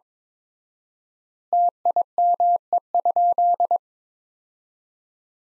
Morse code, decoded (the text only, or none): TIME?